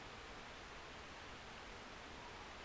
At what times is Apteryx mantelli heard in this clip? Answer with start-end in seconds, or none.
none